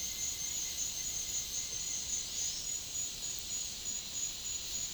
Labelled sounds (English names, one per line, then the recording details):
none
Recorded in dense forest near Puerto Asís, Putumayo, Colombia, on 18 February 2024 at 09:30
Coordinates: 0.502, -76.324
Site G6370